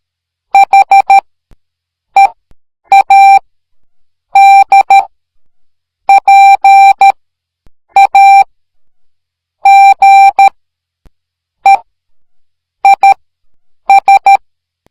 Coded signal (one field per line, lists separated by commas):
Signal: Morse code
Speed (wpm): 13 wpm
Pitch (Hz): 790 Hz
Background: none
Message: HEAD PAGE IS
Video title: A message I solved by morse code #morsecode #miniseries